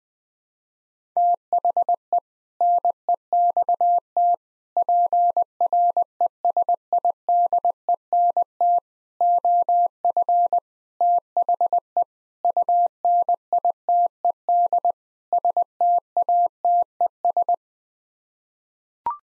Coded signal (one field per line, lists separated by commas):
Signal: Morse code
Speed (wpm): 20 wpm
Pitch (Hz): 700 Hz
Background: none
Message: THE NEXT PRESIDENT OF THE UNITED STATES